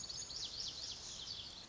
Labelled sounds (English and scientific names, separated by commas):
Lazuli Bunting (Passerina amoena)